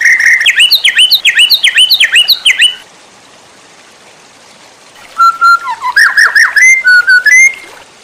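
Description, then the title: White-rumped shama song: a burst of rapid downward-slurred notes, a pause, then clear whistles mixed with quick twittering notes. Masteran training recording for cage birds, titled Labaik. "MURAI BATU LABAIK"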